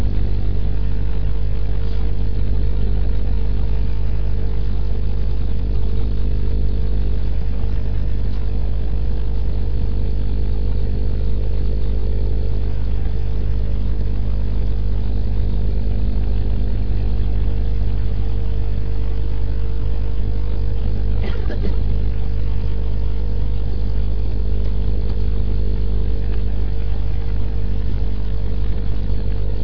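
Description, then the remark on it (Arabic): A steady, loud engine of a power generator vehicle drones continuously with a deep low hum and constant tonal bands, running without pause; no voices are heard. “السلام عليكم، أعتذر عن انقطاع سيارة الكهرباء عندنا، السلام عليكم.”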